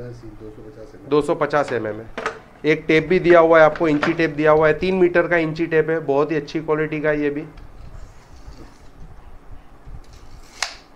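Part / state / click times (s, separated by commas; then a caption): tape measure blade lock in its housing / seated / 10.6 s. Someone talks from about 1 to 7.5 seconds, and then quieter handling follows. The blade lock on a 3 m tape measure slides into its housing and engages with a single sharp click at 10.6 s, leaving the blade locked.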